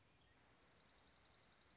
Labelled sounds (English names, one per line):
Dark-eyed Junco